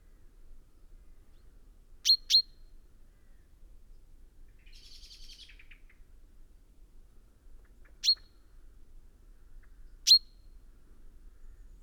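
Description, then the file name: Common chaffinch giving sharp, high single call notes, a pair near the start and two more spaced later, with one brief, fast trill of notes falling in pitch midway; quiet background. "Fringilla coelebs"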